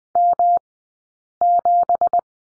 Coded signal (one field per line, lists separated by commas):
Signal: Morse code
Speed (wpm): 20 wpm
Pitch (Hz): 700 Hz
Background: none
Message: M7